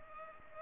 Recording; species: mosquito wingbeat signal from an infrared sensor; Culex pipiens